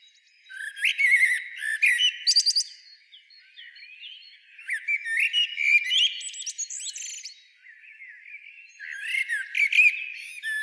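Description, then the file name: Common blackbird delivering three phrases of mellow low warbling and high, thin twittering squeaks, with short quiet spells between. "Turdus merula"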